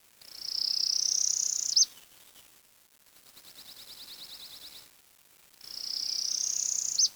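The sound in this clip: Bird with a high, rasping trill rising slightly and ending in a sharp flick, given twice, with a fainter rapid ticking series between them.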